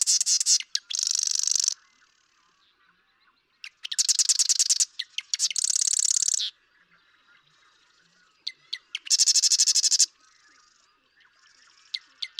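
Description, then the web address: Marsh Wren song repeated every few seconds: ticking introductory notes followed by rapid, dry, buzzing rattles, some paired in quick succession. "birdsongforthecurious Marsh Wren"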